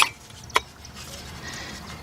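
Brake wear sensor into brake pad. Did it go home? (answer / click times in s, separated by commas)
yes / 0.6 s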